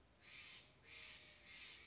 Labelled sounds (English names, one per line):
Steller's Jay